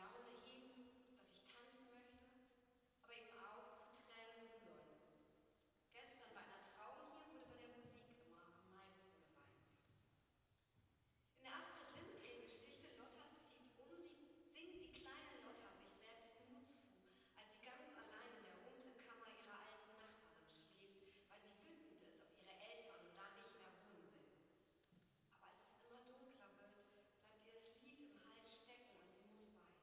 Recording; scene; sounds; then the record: everyday scene through a hearing-aid microphone; reverberant space; speech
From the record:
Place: church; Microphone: in the ear canal, right